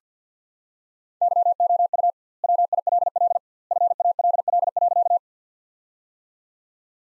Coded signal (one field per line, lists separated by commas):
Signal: Morse code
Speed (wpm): 50 wpm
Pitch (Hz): 700 Hz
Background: none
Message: YOU WILL FALL.